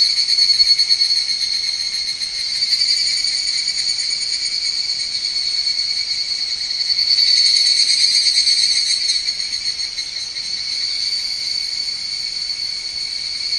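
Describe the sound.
Higurashi cicada calling: a continuous high, ringing drone with a faint pulsing texture that swells in loudness around the middle and then eases slightly.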